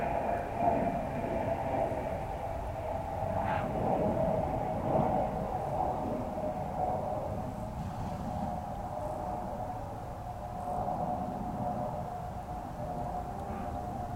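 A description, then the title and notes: Bees buzz in a steady, unbroken drone over a low, rumbling breeze, with a few faint clicks and soft knocks scattered throughout. Open Moorland | New Forest National Park. This binaural field recording takes you to the heat of the British countryside in summer.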